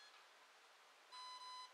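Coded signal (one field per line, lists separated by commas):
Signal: beep code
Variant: brushless ESC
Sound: soft hiss, then a half-second electronic beep, possibly two joined beeps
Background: background hiss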